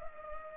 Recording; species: mosquito wingbeat signal from an infrared sensor; Culex pipiens